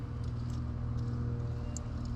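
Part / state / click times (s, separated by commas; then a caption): wire terminal pin into wiring harness connector / seated / 1.8 s. A wire terminal pin is pushed into the single opening at the back of a wiring harness connector, with the locking slide pushed aside, while installing an EZ Link 3.0 switch-on-the-fly on a Super Duty Power Stroke engine. Over a steady low hum, a small, sharp click sounds at 1.8 s as the pin seats. A light tug confirms it holds.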